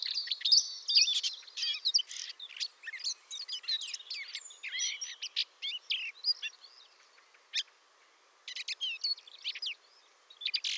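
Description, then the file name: Eurasian blackcap giving a fast, scratchy warble of varied chirps and twitters, in bursts with brief pauses. "Sylvia atricapilla"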